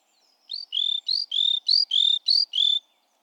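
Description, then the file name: Great tit song: four quick two-note phrases, a higher note dropping to a steady lower one, over quiet background. "Parus major"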